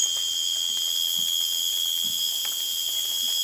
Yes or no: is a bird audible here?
no